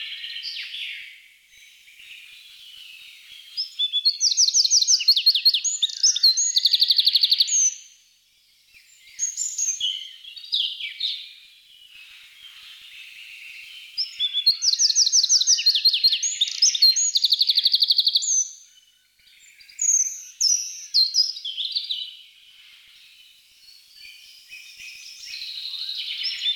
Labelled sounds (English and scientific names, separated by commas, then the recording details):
Eurasian Wren (Troglodytes troglodytes) song
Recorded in the wild
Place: Oberrotweil am Kaiserstuhl, Baden-Württemberg, DE
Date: 1982-06-17
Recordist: Schwarz, Dieter
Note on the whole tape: Song